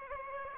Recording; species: mosquito wingbeat signal from an infrared sensor; Aedes aegypti